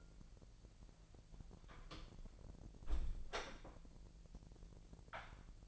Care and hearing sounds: daily activity, microphone in the room; close door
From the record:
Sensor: 5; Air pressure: 1001.5 hPa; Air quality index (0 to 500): 249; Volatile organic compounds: 34 ppm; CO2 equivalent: 3047 ppm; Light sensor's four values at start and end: 39/90/36/35 and 39/90/36/35

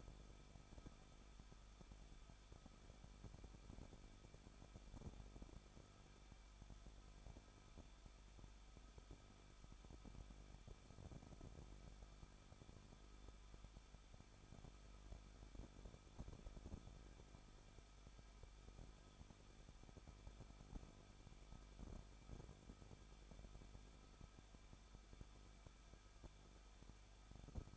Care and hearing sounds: daily activity, microphone in the room; no activity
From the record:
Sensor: 5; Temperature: 20.8 degrees Celsius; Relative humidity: 38.3%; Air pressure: 1006.6 hPa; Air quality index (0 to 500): 186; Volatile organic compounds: 17 ppm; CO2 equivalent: 2597 ppm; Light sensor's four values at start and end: 2/3/1/1 and 2/3/1/1

